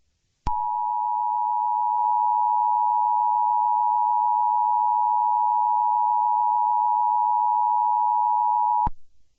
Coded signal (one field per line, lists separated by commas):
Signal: Emergency Alert System (SAME) tones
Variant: 853 and 960 Hz attention tone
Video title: EAS Scenario #4: Sense of Injustice